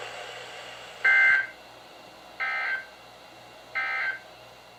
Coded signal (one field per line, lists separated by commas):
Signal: Emergency Alert System (SAME) tones